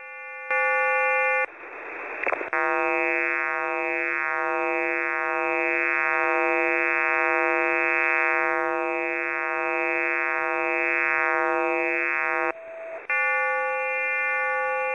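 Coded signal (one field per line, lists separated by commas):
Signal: radar signal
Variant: over-the-horizon radar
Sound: steady harsh buzzing drone rich in harmonics, briefly interrupted twice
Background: radio static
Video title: 28400kHz Over the horizon radar active on HAM-Band (12.10.2024)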